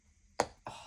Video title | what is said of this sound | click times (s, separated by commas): I'm Back, 2024 Planner and Journal Check In - Personal Rings, Standard TN, A6 | that click sound is so beautiful. | 0.4 s